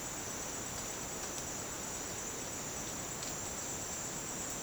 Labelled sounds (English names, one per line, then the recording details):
none
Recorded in dense forest near Puerto Asís, Putumayo, Colombia, on 27 June 2025 at 09:00
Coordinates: 0.484, -76.317
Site G045